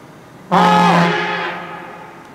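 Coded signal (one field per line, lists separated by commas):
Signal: coded fire alarm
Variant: Gamewell diaphone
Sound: one deep, brassy horn blast lasting about a second, then echoing away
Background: outdoor echo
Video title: Gamewell Diaphones Sounding for a Fire Call In Warehouse Point 4/13/2021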